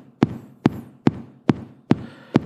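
Six sharp, evenly spaced knocks at about 140 a minute, tapped out by hand by an adult to imitate a heartbeat. They model a completely regular, normal sinus rhythm, only a bit faster, as when a person is excited: a normal rhythm, simply sped up.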